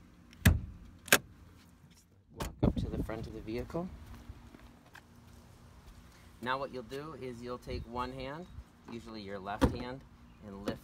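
The interior hood release lever under the dash by the driver's left foot of a 2014-to-present Jeep SUV (Cherokee, Wagoneer, Renegade, Compass or Grand Cherokee) is pulled, and sharp pops are heard at 0.5 s and 1.1 s as the front hood latch releases. Someone then talks over a quiet background.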